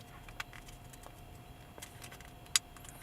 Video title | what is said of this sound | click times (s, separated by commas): Keep Factory AUX and USB with an aftermarket radio Ford F-250 2011-2016 | just gonna push right in and snaps right into place okay nice and snug | 2.6 s